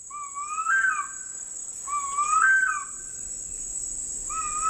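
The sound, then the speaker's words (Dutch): A harpy eagle gives a series of high, wailing whistled calls, each rising and then falling, repeated in a slow rhythm over a steady shrill drone of insects. “De harpij.”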